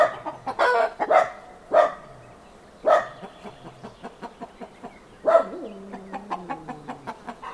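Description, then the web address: Chicken: short clucks and harsh squawks in irregular bursts, then quieter repeated clucking. Farmyard ambience with chickens; traffic-free background; sound effects library recording. "Hollywood Edge Historical Series cd 5 Traffic Free BG's Farmyard With Chickens Ducks"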